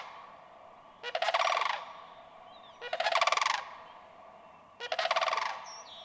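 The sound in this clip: Sandhill crane rolling, rattling calls, three loud throaty bursts about two seconds apart, each with a rich purring tremolo.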